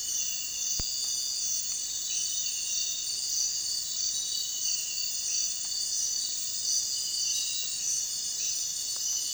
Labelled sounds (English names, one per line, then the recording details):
none
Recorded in dense forest near Puerto Asís, Putumayo, Colombia, on 29 June 2025 at 03:30
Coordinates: 0.466, -76.327
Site GP04